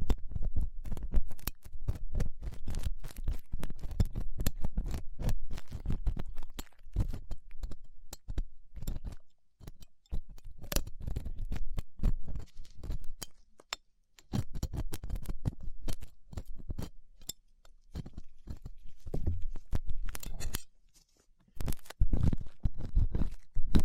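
Ear cleaning with latex gloves, a dental pick and cotton swabs: dense, irregular scratching and crinkly rubbing, full of quick sharp clicks that spread from low thuds up to bright crackle. Short bursts come in clusters, with brief silent gaps near ten, fourteen and twenty-one seconds.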